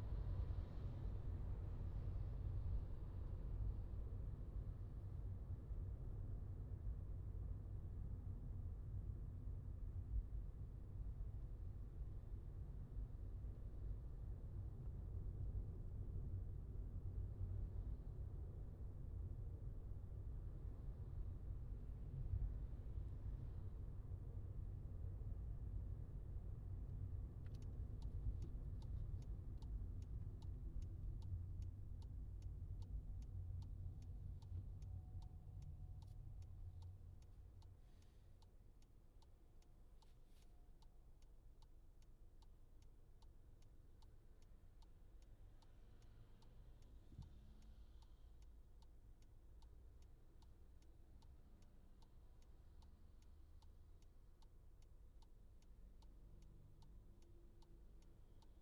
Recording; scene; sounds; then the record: everyday scene through a hearing-aid microphone; in a vehicle; engine, traffic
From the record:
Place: Skoda Fabia, gasoline engine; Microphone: in the ear canal, left